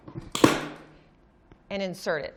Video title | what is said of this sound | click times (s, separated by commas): The STERIS 4085 Surgical Table | of all you heard the loud click the audio part of it secondly there's a visual you | 0.3 s